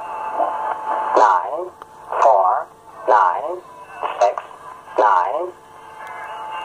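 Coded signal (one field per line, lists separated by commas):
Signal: numbers station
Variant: English Man, English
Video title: Zahlensender - Number Station - English Man - 11525kHz USB - 16.02.2020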